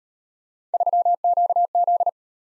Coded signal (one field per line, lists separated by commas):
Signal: Morse code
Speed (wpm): 38 wpm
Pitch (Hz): 700 Hz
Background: none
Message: 3QZ